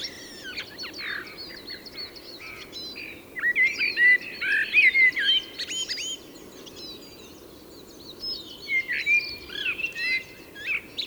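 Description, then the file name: Common blackbird singing mellow, slurred whistled phrases in several bursts, with squeaky high twitters. "Turdus merula"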